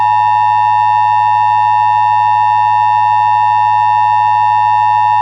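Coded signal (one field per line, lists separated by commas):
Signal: Emergency Alert System (SAME) tones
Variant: 853 and 960 Hz attention tone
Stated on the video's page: Mock alert built on a meme, containing valid tones able to trigger EAS equipment.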